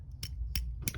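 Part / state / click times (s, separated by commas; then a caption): folding knife blade into its ratchet lock / seated / 0.2 s, 0.6 s, 0.9 s. A thin-bladed folding knife with a classic ratcheting lock is opened, its blade ratcheting through the detents with sharp metallic clicks at 0.2, 0.6 and 0.9 seconds. The blade locks open in a very secure mechanism.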